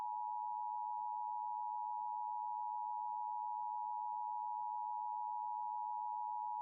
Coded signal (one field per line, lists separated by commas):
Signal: Emergency Alert System (SAME) tones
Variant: 853 and 960 Hz attention tone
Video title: LIVE AM/MW DX: DX Central Live - S. 3, Ep. 13 | Friday, December 16, 2022 | MWFC: 576-605 kHz